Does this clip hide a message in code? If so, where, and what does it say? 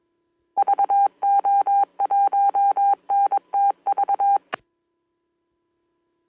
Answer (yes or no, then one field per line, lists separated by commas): yes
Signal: Morse code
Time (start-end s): 0.6-4.4 s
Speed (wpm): 22 wpm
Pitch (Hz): 800 Hz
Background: none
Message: VO1NTV